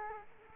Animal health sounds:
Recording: mosquito wingbeat signal from an infrared sensor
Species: Culex quinquefasciatus

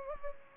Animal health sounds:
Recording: mosquito wingbeat signal from an infrared sensor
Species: Culex pipiens

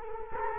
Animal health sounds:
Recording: mosquito wingbeat signal from an infrared sensor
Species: Culex quinquefasciatus

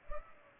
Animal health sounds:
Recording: mosquito wingbeat signal from an infrared sensor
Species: Culex pipiens

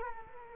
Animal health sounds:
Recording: mosquito wingbeat signal from an infrared sensor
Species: Culex quinquefasciatus

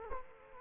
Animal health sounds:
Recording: mosquito wingbeat signal from an infrared sensor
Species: Culex quinquefasciatus

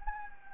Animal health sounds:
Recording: mosquito wingbeat signal from an infrared sensor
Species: Anopheles gambiae

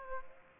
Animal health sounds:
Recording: mosquito wingbeat signal from an infrared sensor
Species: Aedes aegypti

